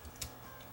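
The plastic cassette holder of a Sony BE V8 tape winder for 8mm videotapes is pushed down into the rewinder body to check whether it will lock. A single sharp click sounds at 0.2 s over a quiet, steady background. The holder latches down and locks into place.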